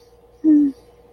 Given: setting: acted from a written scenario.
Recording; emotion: vocal sound without words; serenity